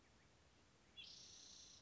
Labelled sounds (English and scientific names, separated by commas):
Spotted Towhee (Pipilo maculatus)